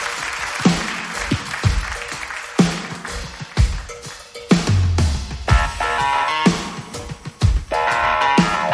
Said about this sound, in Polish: Wielkie brawa dla was.